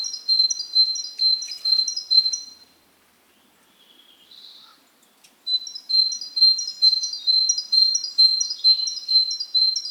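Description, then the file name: Great tit singing a ringing two-note phrase over and over, roughly two per second, broken by a brief quiet gap with a faint soft note before the series resumes. "Parus major"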